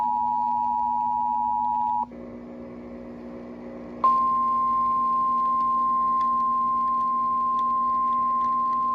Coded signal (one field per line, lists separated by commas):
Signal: Emergency Alert System (SAME) tones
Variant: 853 and 960 Hz attention tone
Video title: UNEXPECTED RALEIGH SVRs! - Severe Thunderstorm Warnings (03/07/2022) - EAS #30-31